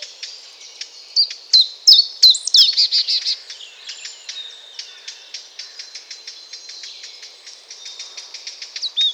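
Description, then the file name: Eurasian blackcap with dry ticking calls repeated quickly, preceded by a loud burst of twittering, looping whistled notes early on. "Sylvia atricapilla"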